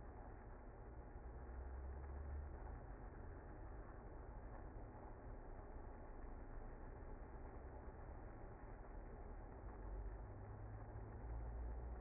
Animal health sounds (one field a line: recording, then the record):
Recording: honeybee colony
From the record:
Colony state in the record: active